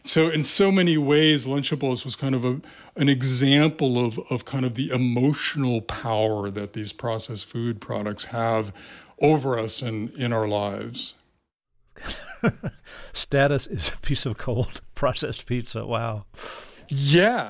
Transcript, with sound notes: So in so many ways, Lunchables was kind of an example of kind of the emotional power that these processed food products have over us and in our lives.
(Laughter) Status is a piece of cold, processed pizza. Wow.
Yeah.